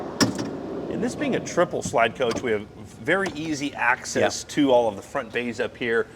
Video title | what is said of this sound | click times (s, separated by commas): The First 2026 Prevost Liberty Coach with Bedroom Super Suite | that goes in the swivel and it can lock into place as well. | 0.2 s